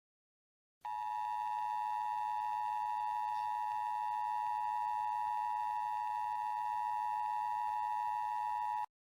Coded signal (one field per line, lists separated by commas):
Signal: Emergency Alert System (SAME) tones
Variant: 853 and 960 Hz attention tone